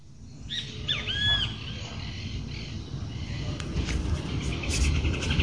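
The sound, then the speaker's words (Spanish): Morning birdsong after a storm: a few bright, sliding bird whistles ring out early, followed by scattered softer chirps, all over a steady low rumbling background that swells slightly toward the end. “Continuamos con las voces de la mañana, los pájaros y su alegría después de la tormenta.”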